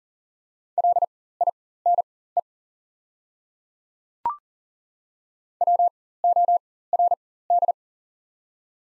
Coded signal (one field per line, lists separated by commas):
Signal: Morse code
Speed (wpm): 40 wpm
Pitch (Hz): 700 Hz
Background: none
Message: LINE WORD